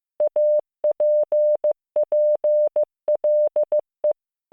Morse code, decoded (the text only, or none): APPLE